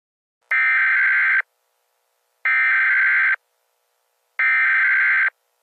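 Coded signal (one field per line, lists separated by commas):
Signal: Emergency Alert System (SAME) tones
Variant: header bursts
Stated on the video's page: Fictional EAS scenario of a tornado disaster in Colorado.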